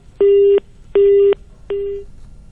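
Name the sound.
telephone busy tone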